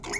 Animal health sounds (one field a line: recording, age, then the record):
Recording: pig call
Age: weaner (32 to 43 days)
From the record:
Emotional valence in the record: negative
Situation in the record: short isolation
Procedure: open field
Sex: female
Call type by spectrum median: high-frequency call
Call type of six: mixed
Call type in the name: high-frequency modulated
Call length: 0.19 s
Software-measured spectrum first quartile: 1304 Hz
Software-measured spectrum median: 2391 Hz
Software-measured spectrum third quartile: 6429 Hz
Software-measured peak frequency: 2163 Hz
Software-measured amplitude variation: 94 dB a second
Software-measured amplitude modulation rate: 23.2 a second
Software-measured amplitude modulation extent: 4.1 dB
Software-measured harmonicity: 3.2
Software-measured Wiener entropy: -3.08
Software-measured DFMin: 1062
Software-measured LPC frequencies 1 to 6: 818, 2124, 3505, 5239, 6461, 7032 Hz